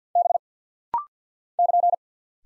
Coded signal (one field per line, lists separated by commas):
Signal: Morse code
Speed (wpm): 48 wpm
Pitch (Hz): 700 Hz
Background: none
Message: B <KN>